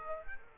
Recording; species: mosquito wingbeat signal from an infrared sensor; Aedes aegypti